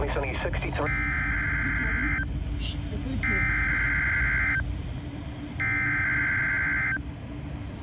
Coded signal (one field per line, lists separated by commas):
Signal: Emergency Alert System (SAME) tones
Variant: header bursts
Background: speech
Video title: [EAS #2429] NWR Required Weekly Test on KHB60 (5/24/23)